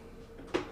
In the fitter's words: 你这个时候就可以用到这一节的关节，把这个扣上去，